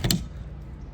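A shore power cord plug is pushed into the power inlet of a Noovo Plus Class B camper van. Two short tick-like hits sound at 0.0 and 0.1 seconds over a low background hum. The plug clicks into place at 0.1 seconds and is seated.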